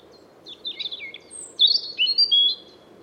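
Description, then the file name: European robin song: a high, tumbling phrase of varied thin notes, first sliding and twittering, then brighter whistled notes climbing and dropping, over a faint low hum. "Erithacus rubecula"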